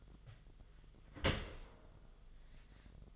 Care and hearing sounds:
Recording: daily activity, microphone in the room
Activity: open dishwasher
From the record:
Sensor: 4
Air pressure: 1005.5 hPa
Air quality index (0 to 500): 112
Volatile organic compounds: 3 ppm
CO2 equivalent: 1395 ppm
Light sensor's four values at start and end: 11/25/10/10 and 11/25/10/10

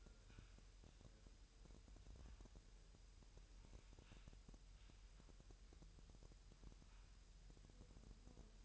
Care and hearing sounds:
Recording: daily activity, microphone in the room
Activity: wipe stove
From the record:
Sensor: 2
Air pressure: 1000.8 hPa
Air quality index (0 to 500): 249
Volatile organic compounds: 99 ppm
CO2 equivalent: 3749 ppm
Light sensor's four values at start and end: 10/23/9/10 and 10/23/9/10

